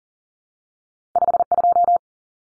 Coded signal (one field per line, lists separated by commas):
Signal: Morse code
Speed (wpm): 38 wpm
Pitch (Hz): 700 Hz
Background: none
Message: 52